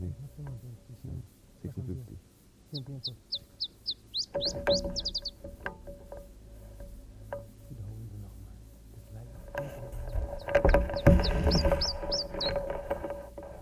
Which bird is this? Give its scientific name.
Phylloscopus ibericus